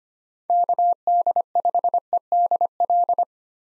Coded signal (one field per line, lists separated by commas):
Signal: Morse code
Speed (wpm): 25 wpm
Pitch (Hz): 700 Hz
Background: none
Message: KD5EDL